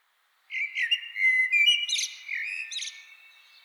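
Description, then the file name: Common blackbird song, a mellow warbled phrase followed by high scratchy twittering notes. "Turdus merula"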